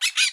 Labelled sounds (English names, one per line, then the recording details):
Brown-throated Parakeet contact call
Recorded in Bonaire
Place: 1 km E of roosting area just N of Seru Largu
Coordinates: 12.199, -68.268